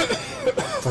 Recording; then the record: coughing mixed with background sound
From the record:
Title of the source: Dry Coughing Fit in the Afternoon.